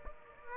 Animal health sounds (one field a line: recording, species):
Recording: mosquito wingbeat signal from an infrared sensor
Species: Aedes aegypti